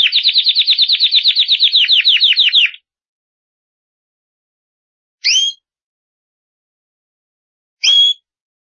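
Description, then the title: Canary song: a fast, evenly repeated trill of bright notes for nearly three seconds, then silence broken by two short, sharp whistled notes. Described as a champion singing canary. "Kicau Burung Kenari Juara"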